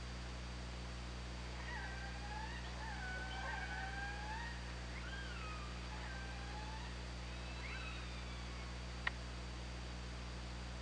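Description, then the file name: Orca calls, wavering harmonic tones rising and falling across the first eight seconds, a brief click near the end, steady low hum throughout. Recorded on an OrcaLab hydrophone, 24 August 2017, 22:54. "Orca Lab UTLN 20170824 225402"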